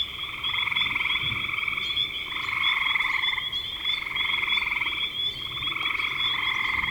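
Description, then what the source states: Frogs calling in a dense chorus of overlapping pulsed trills that swell and fade in waves every two seconds or so, with brief high chirps above. Spring 2025.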